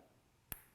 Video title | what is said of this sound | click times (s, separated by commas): Sherman Tank Magnetic Bracelet - Unboxing & Demo | there was our click so that is now secured | 0.5 s